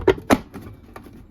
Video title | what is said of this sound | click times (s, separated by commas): BatherBox Reassembly - Part 8 | Again, push the sides till it snaps in place. | 0.1 s, 0.3 s